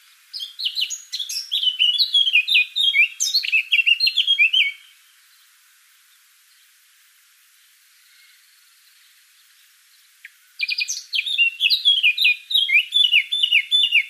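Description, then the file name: Eurasian blackcap song: rapid, varied warbling phrases with bright fluty notes, lasting several seconds, then a silent pause before another lively warbling burst. "Sylvia atricapilla"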